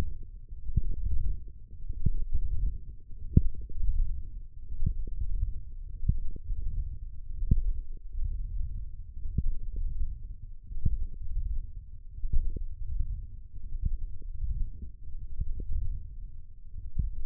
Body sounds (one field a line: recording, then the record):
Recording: forearm muscle sounds (acoustic myography)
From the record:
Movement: wrist flexion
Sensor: system 1, eight BSWA MPA416 microphones around the upper forearm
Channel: 3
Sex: male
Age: 23 years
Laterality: right